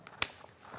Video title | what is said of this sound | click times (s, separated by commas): How to put together an Elinchrom Rotalux Octabox | the socket snaps into place very simple so now we've got a | 0.2 s